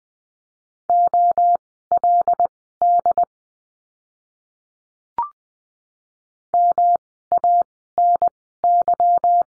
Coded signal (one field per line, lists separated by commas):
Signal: Morse code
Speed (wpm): 20 wpm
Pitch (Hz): 700 Hz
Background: none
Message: OLD MANY